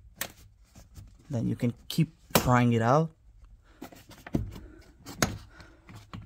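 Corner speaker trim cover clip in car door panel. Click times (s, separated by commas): 0.2 s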